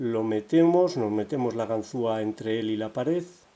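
A pick is slid between a pin or slider and the keyway wall of a Yale Superior lock cylinder with 9 pins and 4 sliders while someone talks throughout. Nothing has seated or clicked yet; the clip ends just before the element sets.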